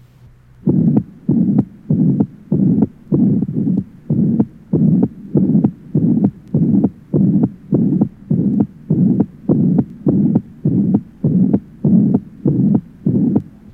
Age 9, ventricular septal defect with pulmonary hypertension, left sternal border area.